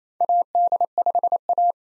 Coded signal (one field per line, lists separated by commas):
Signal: Morse code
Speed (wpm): 28 wpm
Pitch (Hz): 700 Hz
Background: none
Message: AD5A